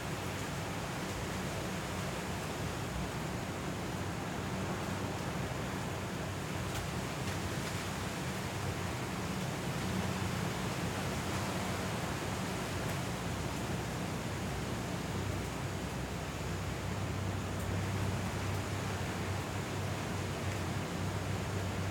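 Hurricane wind and rain roar in a dense, unbroken wash that holds nearly constant for the whole stretch. A low rumble sits underneath, swelling slightly around ten seconds and again near eighteen, with faint thin ticks scattered through the hiss.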